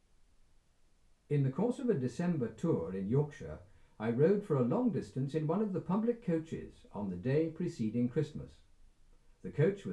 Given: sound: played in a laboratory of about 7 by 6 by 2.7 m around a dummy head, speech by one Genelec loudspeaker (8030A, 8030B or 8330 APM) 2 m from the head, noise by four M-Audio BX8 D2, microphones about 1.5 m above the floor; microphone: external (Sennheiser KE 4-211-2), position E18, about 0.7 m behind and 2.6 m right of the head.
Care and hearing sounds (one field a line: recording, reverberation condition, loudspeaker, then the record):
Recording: male speech in English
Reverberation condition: low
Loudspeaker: 90 degrees to the right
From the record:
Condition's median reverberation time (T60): about 310 ms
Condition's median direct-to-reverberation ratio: about 3.5 dB